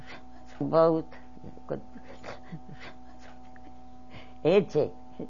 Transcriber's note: she laughs